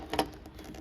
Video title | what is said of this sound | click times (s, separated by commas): 2023 InTech Sol Terra Rover. Stock# 13456 | attach your hose, get that collar locked back into place | 0.1 s